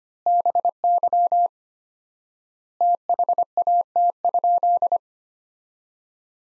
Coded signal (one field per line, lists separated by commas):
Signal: Morse code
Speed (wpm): 25 wpm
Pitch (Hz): 700 Hz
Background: none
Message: BY THAT?